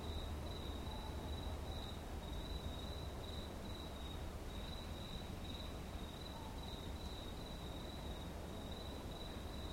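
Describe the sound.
Cricket trilling, a high, thin note pulsing on and off almost without pause, set against a loud, broad hiss and low rumble.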